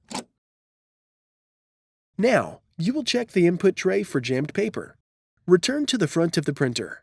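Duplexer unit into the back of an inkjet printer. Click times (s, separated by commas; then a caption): 0.2 s. A plastic duplexer unit is pushed into the back of an HP Officejet Pro 8100 inkjet printer and snaps into place with a single sharp click at 0.1 s. After a pause, someone talks. The duplexer is seated.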